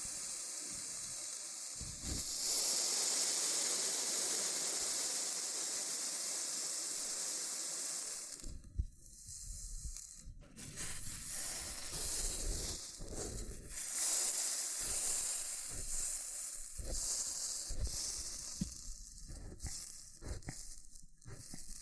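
Loofah sounds: a steady, bright hissing rasp for the first eight seconds, like scrubbing. After that it breaks into choppy, uneven bursts of scratchy peeling with short gaps and sharp pops, some near 9, 10 and 17 seconds.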